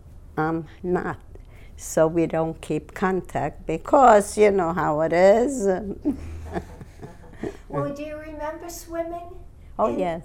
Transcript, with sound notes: I'm not. So we don't keep contact because, you know how it is. ( she laughs )
Well, do you remember swimming?
Oh, yes.